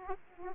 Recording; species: mosquito wingbeat signal from an infrared sensor; Aedes aegypti